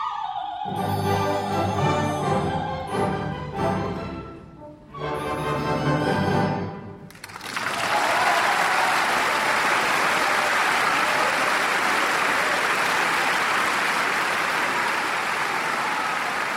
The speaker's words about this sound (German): So etwas hat man noch nie gehört, noch nie gesehen. Der ganze Saal jubelte in unsagbarer Ergriffenheit.